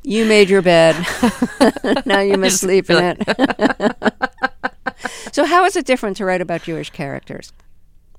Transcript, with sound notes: You made your bed.
(LAUGHTER)
Now, you must sleep in it.
(LAUGHTER)
So how is it different to write about Jewish characters?